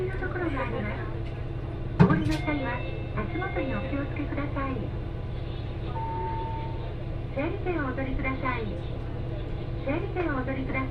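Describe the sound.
A ride on the Etsumi-Hoku railway line toward Fukui, with a steady low rumble running under the whole clip. A woman's voice speaks almost continuously, like an onboard announcement, with a sharp knock near the two-second mark and a brief steady tone around six seconds.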